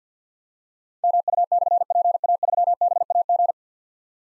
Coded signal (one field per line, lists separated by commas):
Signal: Morse code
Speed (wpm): 52 wpm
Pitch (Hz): 700 Hz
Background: none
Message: MU/PA3BAG